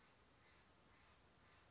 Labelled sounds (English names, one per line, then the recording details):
Western Flycatcher
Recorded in Sonoma County, California